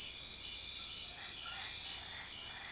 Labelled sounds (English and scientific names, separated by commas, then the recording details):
none
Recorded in secondary vegetation near Puerto Asís, Putumayo, Colombia, on 28 February 2025 at 00:00
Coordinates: 0.500, -76.326
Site GP04